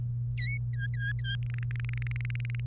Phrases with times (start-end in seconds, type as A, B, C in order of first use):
0.38-0.57 A, 0.73-1.35 B, 1.50-2.60 C